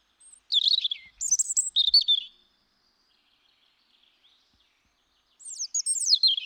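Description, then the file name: European robin song: a high, tinkling phrase of thin trills and sweet warbles for about two seconds, a silent pause, then another rapid twittering phrase. "Erithacus rubecula"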